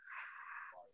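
A single whistling, breathy snore from a sleeping dog, falling in pitch at its end.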